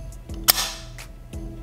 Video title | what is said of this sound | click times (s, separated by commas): 14 Day Continuous Glucose Monitor Update - How To Apply The Sensor | go right going to firmly press till you hear a click and I | 0.5 s